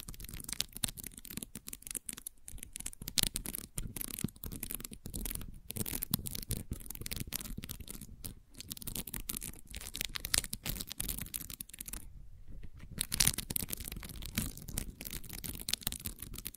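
Gentle scratching goes on steadily as dense, rapid, uneven scraping strokes, with a brief quieter pause near twelve seconds.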